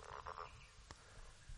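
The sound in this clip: Frog croaking: three quick, pulsed, rattling croaks in a row, then a single sharp click.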